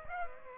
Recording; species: mosquito wingbeat signal from an infrared sensor; Aedes aegypti